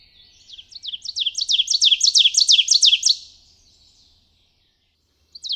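Ovenbird song: repeated two-part phrases growing louder, then holding steady before stopping; after a pause another high note starts at the end.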